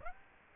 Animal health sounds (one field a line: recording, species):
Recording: mosquito wingbeat signal from an infrared sensor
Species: Aedes aegypti